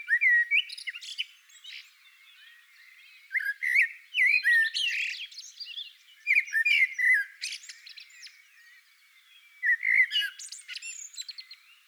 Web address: sammel Naturinspelningar Koltrast